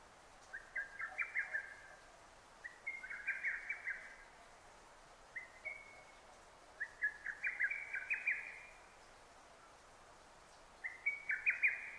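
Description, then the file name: Lesser cuckoo song in five bursts of sharp, rapid notes, separated by pauses of one to three seconds. Recorded 6 June 2009. "hototogisu 20090606"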